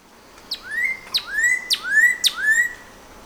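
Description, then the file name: Northern cardinal singing four clear whistled notes, each dropping sharply then leveling off, repeated steadily in a quiet setting. Seven songs recorded on 14 April 2018. "2018-04-14 NOCA-7 Songs"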